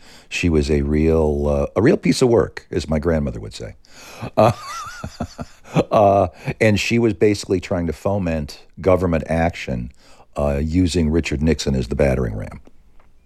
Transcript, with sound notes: She was a real piece of work, as my grandmother would say (laughter). And she was basically trying to foment government action, using Richard Nixon as the battering ram.